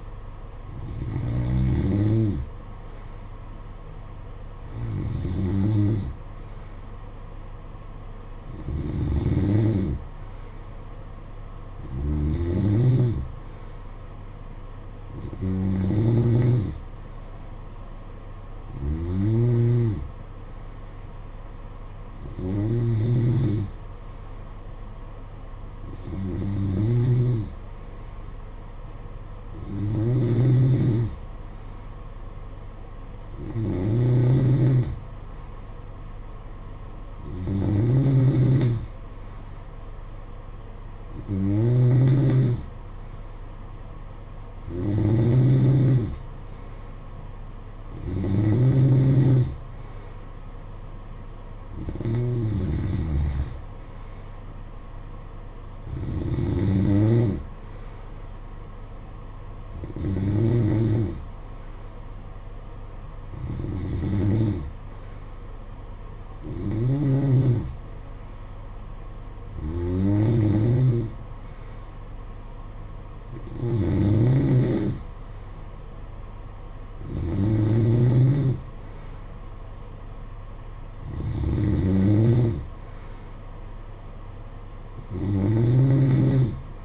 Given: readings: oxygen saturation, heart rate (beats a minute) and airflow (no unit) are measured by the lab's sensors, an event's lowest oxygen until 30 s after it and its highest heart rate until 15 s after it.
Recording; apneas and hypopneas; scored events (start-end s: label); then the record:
breathing in sleep by a smartphone at the bedside; none
none scored
From the record:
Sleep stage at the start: N2 (light sleep); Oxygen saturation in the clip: 90 to 94%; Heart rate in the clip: 52 to 58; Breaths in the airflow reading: 24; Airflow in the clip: -8.3 to 6.8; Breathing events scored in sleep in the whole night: 476 in 9.7 hours asleep